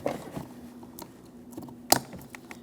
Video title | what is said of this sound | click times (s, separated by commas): How to Replace Master Window Switch 2005-2010 Chrysler 300 | Audible click from that. | 1.9 s